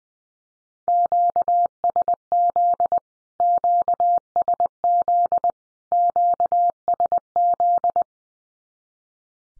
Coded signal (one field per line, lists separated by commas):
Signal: Morse code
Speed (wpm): 20 wpm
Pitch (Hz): 700 Hz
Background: none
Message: QSZ QSZ QSZ